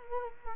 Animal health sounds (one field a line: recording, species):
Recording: mosquito wingbeat signal from an infrared sensor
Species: Culex quinquefasciatus